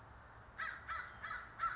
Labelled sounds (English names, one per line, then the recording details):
American Crow
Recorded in Sonoma County, California